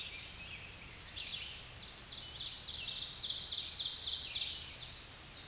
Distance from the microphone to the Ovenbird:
about 45 m